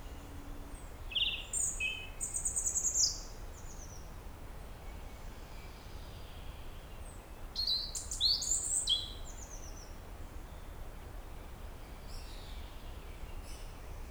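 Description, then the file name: European robin song: two rich phrases of high, tinkling whistles and fast trills several seconds apart, with fainter thin notes afterward and constant low background noise. "Erithacus rubecula"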